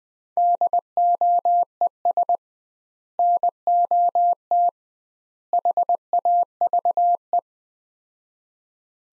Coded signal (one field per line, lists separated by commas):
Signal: Morse code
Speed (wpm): 20 wpm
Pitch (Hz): 700 Hz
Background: none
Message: DOES NOT HAVE